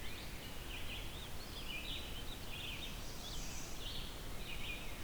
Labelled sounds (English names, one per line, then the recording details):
Red-eyed Vireo song
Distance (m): 55 m
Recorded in boreal forest in Alberta, Canada, on 20 June 2016 at 05:06
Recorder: SongMeter 3, array SBT-6-81
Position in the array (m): 120 m, 126 m